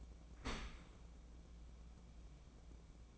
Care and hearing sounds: daily activity, microphone in the room; open dishwasher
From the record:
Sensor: 1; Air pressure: 1012.4 hPa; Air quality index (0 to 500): 171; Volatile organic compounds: 3 ppm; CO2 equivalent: 1396 ppm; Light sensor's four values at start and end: 335/764/338/370 and 333/759/336/367

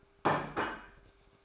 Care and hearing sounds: daily activity, microphone in the room; place plate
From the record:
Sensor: 2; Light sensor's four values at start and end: 3/8/3/3 and 4/8/3/3

